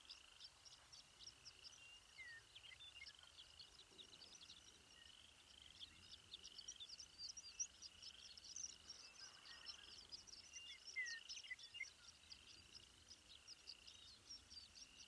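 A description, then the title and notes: Open grassland at dawn, filled with a steady, dense chorus of insects trilling high and fast without a break. A few faint bird chirps break through now and then, near the start and again around eleven seconds, over a soft low rumble of wind. Pawnee Grassland at Dawn. NE Colorado.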